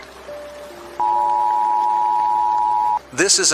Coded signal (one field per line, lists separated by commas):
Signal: Emergency Alert System (SAME) tones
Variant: 853 and 960 Hz attention tone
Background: speech, music